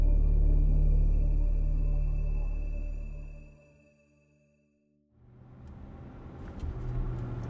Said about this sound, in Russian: Автобус ехал по льду реки.